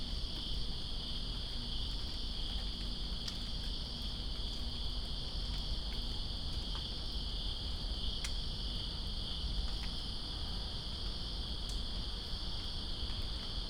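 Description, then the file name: Cricket chorus holding a continuous high-pitched trill throughout, with rain hissing beneath and scattered sharp drip ticks. Crickets in rain, Greensboro, 2 September 2017. "Greensboro Crickets And Rain-2017-09-02"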